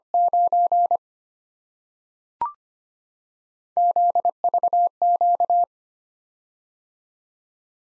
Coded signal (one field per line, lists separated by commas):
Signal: Morse code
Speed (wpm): 25 wpm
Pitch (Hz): 700 Hz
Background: none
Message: 9 ZVQ